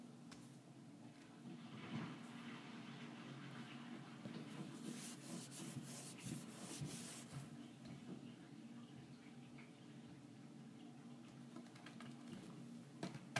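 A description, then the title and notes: Kitchen appliances being cleaned: a continuous rubbing and scrubbing over a low, steady hum. The wiping grows denser and brighter between about four and seven seconds, with scattered small clicks and knocks throughout, then eases back. ASMR Cleaning Kitchen Appliances.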